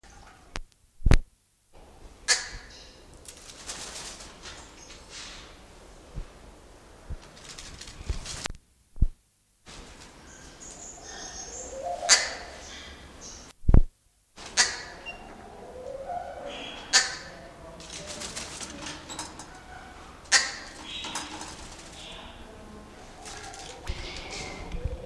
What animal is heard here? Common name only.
Double-toothed Barbet